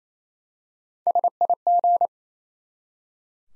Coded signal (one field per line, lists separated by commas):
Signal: Morse code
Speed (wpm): 27 wpm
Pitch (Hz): 700 Hz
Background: none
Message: SIG